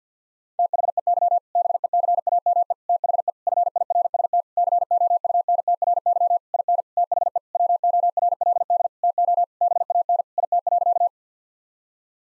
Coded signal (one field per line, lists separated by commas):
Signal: Morse code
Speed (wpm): 50 wpm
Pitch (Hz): 700 Hz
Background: none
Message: THEY BECAME THE FIRST COUNTRY IN THE WORLD TO BAN IT.